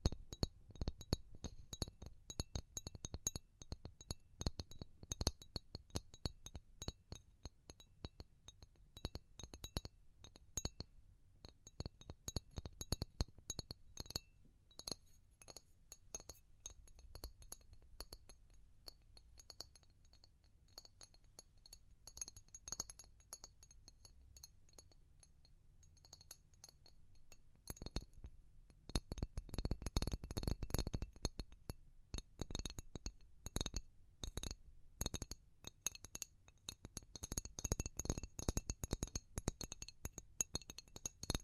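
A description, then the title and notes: Tapping in quick, dense bursts, each tap a sharp click with a glassy, clinking ring up high and a soft thud underneath. The pace shifts from fast runs to sparser, slower taps around the middle, then picks up again, busiest near the thirty-second mark. ASMR Pure Tapping Fast and Slow (No Talking).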